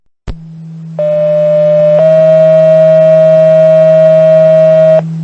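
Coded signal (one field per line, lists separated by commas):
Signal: two-tone page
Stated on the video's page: Structure fire dispatch tones for Vermont cities, taken from Broadcastify scanner audio.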